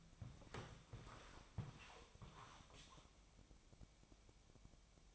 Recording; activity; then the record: daily activity, microphone in the room; walk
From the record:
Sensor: 1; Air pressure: 1000.5 hPa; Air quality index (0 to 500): 171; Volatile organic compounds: 4 ppm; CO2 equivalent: 1588 ppm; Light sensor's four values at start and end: 15/37/15/17 and 11/25/11/12